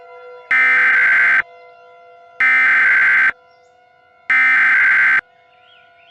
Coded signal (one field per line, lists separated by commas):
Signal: Emergency Alert System (SAME) tones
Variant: header bursts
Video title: (VALID TONES) EAS Mock - A Shocking Turn of Events (06/05/2010)